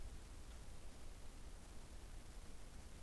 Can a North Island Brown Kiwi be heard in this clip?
no